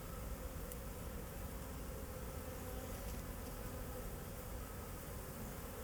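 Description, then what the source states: Bees buzz in an unbroken drone, low and even, with a brief click early on and a deep rumble beneath. Bees flying around the recordist in Jacques Brelpark, Kersbeeklaan, Vorst, Belgium; train in background; recorded binaurally with a Sennheiser Ambeo binaural headset.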